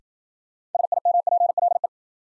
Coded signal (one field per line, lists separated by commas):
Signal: Morse code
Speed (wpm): 53 wpm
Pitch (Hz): 700 Hz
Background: none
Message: SIMPLE